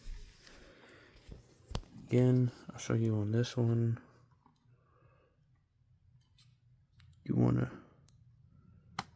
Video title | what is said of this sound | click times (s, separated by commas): How to remove heatsync ram and battery | with that and push down gently. Then push down gently again. It'll click into place | 1.8 s